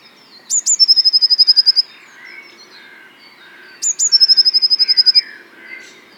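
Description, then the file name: Blue tit singing two high piercing notes that lead into a rapid trill lasting over a second. It is given twice, and quieter lower calls from other birds fill the gaps. "Cyanistes caeruleus"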